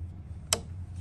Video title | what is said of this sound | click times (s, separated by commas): Lexus GX470 Center Differential Actuator Repair | so it's snapped in place | 0.5 s